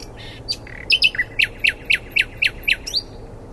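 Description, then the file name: Common nightingale song: sharp clicking notes, then a rhythmic run of several loud, evenly spaced descending chirps, quick and emphatic. "Luscinia megarhynchos"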